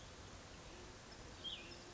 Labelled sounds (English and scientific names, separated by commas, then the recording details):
Cassin's Vireo (Vireo cassinii)
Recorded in Sonoma County, California